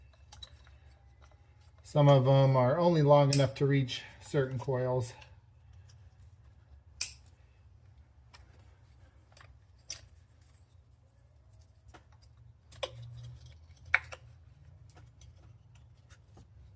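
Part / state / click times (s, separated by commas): wiring harness connector onto ignition coil / seated / 7.0 s, 13.9 s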